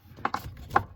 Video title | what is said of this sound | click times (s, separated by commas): 04-05 Cadillac CTS-V Z-Block Accelerator Pedal Kit Installation | Plug it in till it clicks. | 0.2 s